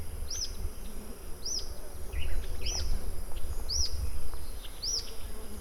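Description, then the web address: Rough-legged tyrannulet: five high, thin up-and-down notes at about one-second intervals, a few faint chirps between them, and a steady low rumble throughout. "Rough legged tyrannulet. صدای-پرنده-ژیانمرغک-پازبر"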